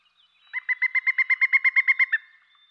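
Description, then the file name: Pileated woodpecker calling a rapid run of about thirteen evenly spaced, ringing notes, steady in pitch and swelling slightly in loudness, over a quiet background. "dan gibsons solitudes pileated woodpecker"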